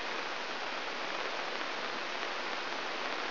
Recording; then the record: brain microelectrode recording played as sound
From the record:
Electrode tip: inside the subthalamic nucleus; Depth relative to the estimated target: 2 mm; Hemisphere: left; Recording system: AlphaMap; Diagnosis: Parkinson's disease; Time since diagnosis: 12 years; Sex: female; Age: 56 years